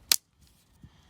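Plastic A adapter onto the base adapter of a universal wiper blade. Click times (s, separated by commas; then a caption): 0.1 s. A plastic A-style adapter, centered over the base adapter on a universal wiper blade for a Ford Edge ST, is pressed down until it snaps into place. A sharp, bright click comes at 0.1 s, followed by faint softer handling sounds. The adapter is seated.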